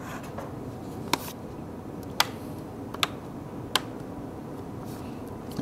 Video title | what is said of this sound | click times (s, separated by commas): How to install additional RAM in a Lenovo laptop | doesn't snap as loud as it did when it was hit being taken apart but you do get a quite a bit | 1.1 s, 2.2 s, 3.0 s, 3.8 s